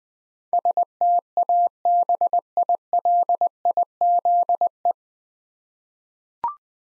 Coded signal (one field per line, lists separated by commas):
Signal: Morse code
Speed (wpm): 20 wpm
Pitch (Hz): 700 Hz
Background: none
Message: STABILIZE